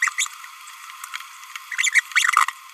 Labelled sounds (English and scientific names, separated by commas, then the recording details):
Green-rumped Parrotlet (Forpus passerinus) babbling
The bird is a male
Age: 27 days
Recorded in a nest box in Venezuela
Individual 17B31A2